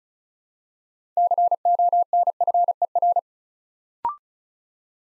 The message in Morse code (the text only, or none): CONFER